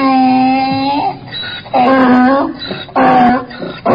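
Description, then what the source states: Donkey braying loudly: long, steady, tonal hee notes alternating with rough, noisy haw gasps, repeated in quick succession. Angry donkey.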